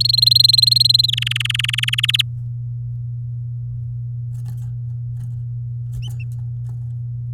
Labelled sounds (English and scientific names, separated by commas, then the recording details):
Domestic Canary (Serinus canaria) song
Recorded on 9 May 2018 at 09:54
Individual llb16